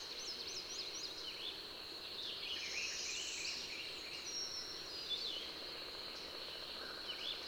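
Birds chirping: quick squeaky, looping notes and short twitters over a constant high-pitched insect buzz.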